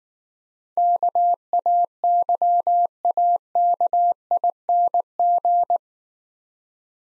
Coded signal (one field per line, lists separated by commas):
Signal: Morse code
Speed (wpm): 19 wpm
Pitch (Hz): 700 Hz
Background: none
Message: KAYAKING